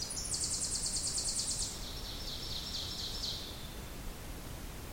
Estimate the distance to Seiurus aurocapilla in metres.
about 70 m